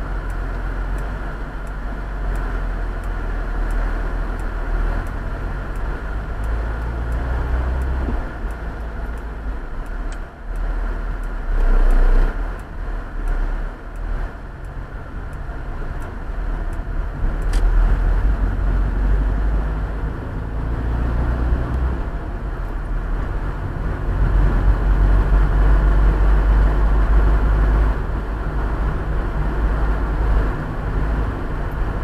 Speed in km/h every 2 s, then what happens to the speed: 1, 0, 7, 12, 14, 14, 14, 17, 19, 24, 33, 35, 36, 39, 40, 41.
0-3 standing. 3-32 pulls away to 41.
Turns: none.